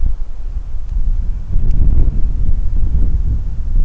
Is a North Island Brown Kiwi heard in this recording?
no